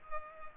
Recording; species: mosquito wingbeat signal from an infrared sensor; Culex pipiens